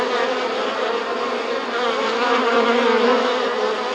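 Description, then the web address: Bees give a dense, continuous buzzing hum that stays steady throughout, with slight swells in loudness. "anasyn caracalla thesis mcd orig bees"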